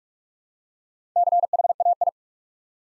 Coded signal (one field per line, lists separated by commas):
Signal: Morse code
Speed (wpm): 44 wpm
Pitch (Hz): 700 Hz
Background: none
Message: CHAI